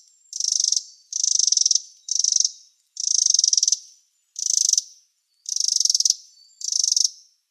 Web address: Schulze Peter Winter Wren calls